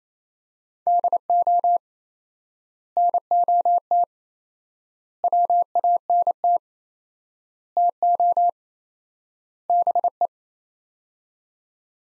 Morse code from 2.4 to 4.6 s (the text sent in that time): NOT